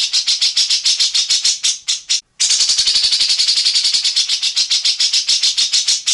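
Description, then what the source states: Grey-cheeked bulbul in a fast, buzzy rasping chatter of even pulses, broken once by a brief silence before resuming. Tutor recording of an actively singing bird, full of harsh rasping song (besetan kasar), long duration.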